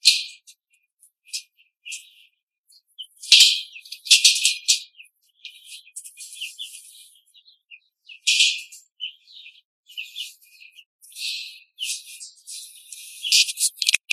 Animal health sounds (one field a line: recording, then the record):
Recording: young laying hens in a cage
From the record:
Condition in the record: control cage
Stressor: none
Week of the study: 5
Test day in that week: 1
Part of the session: 4